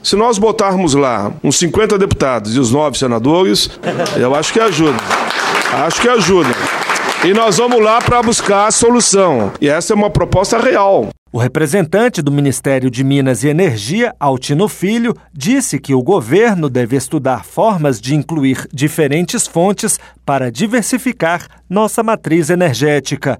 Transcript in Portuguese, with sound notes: Se nós botarmos lá uns cinqüenta de deputados e nove senadores eu acho que ajuda, acho que ajuda, né? (aplausos) E nós vamos lá buscar uma solução. E essa é uma proposta real" O representante do Ministério de Minas e Energia, Altino Filho, disse que o governo deve estudar formas de incluir diferentes fontes de energia para diversificar nossa matriz energética.